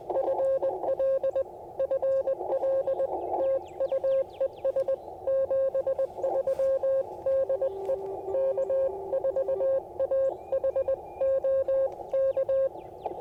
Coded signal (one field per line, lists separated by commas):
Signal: Morse code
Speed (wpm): 20 wpm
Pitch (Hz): 540 Hz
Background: radio noise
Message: FL FL TU ES 73 DE K4AHO K